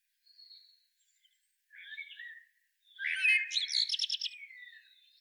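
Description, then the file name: Common blackbird calls: faint high whistles, a short scratchy phrase, then a loud burst of rapid, rattling chatter that fades out. "Turdus merula"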